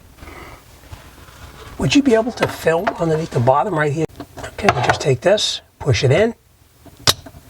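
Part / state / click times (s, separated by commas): faucet pull-down hose quick connector into faucet supply line fitting / seated / 7.1 s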